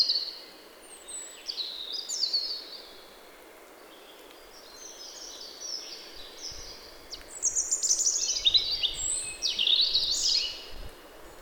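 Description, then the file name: European robin song: two bursts of high twittering warbles separated by a quieter pause, the second burst fuller with sharp thin notes, over faint hiss and low rumble. "Erithacus rubecula"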